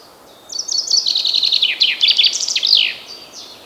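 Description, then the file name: Common chaffinch song: rapid descending series of chips and trills ending in a flourish, followed by two faint short high notes. "Fringilla coelebs"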